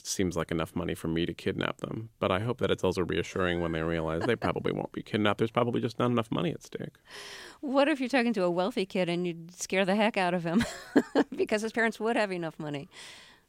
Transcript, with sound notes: so if it seems like enough money for me to kidnap them. But I hope that it's also reassuring...
(Laughter).
...When they realize they probably won't be kidnapped. There's probably just not enough money at stake.
What if you're talking to a wealthy kid, and you scare the heck out of him (laughter) because his parents would have enough money?